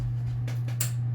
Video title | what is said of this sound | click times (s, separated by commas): DUMPSTER FIND! - Is this Cyberpower PC Trash or Treasure? | there we go I I don't know if you guys heard that snap but that was the CPU connector | 0.8 s